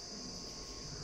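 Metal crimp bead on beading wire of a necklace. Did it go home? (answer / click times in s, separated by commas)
no / none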